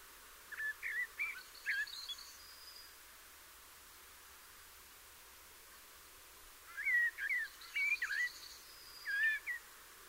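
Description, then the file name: Eurasian blackbird with a mellow warbled phrase, a long silence, then a longer, livelier run of looping fluty notes and a final flourish. "Turdus merula"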